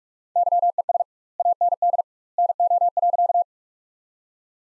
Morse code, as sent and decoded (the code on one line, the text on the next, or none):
-.-- . ... / .- -. -.. / -. --- .-.-.-
YES AND NO.